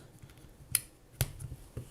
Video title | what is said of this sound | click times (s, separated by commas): XTAR GP2 GoPro Battery Charger - Review | micro sd cards like so and they just kind of snap in place | 0.8 s